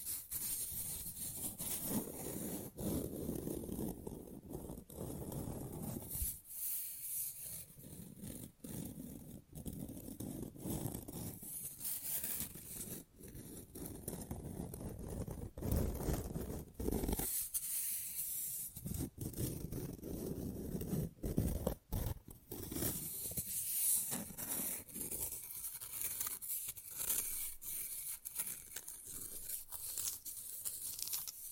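Fast, rough nail filing runs almost continuously in quick back-and-forth strokes, a dense gritty scraping that fills lows and highs alike. Brief pauses break it near 6, 13 and 17 seconds, with sharp ticks scattered throughout, and the strokes thin out toward the end.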